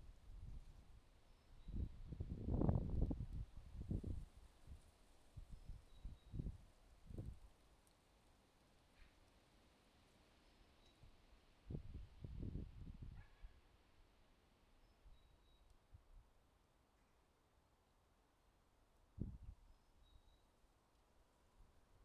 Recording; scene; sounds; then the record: everyday scene through a hearing-aid microphone; wind on the microphone; wind, traffic, birds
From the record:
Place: suburban garden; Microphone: in the ear canal, left